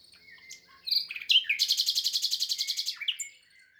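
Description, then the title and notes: Common nightingale song phrase: a few sharp notes building into a long, fast, evenly pulsed rattle lasting about a second and a half. Common nightingale singing, 22 April 2020, Lesches-en-Diois, France, in silence from human noise; third recording since the birds' arrival; Nagra Seven recorder with MKH8040 microphones in stereo. "22 avril 2020-Lesches en diois. le chant du Rossignol Philomène (Luscinia megarhynchos)"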